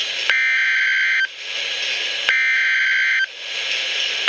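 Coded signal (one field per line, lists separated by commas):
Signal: Emergency Alert System (SAME) tones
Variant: header bursts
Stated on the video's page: Severe Thunderstorm Warning alert from a NOAA Weather Radio station.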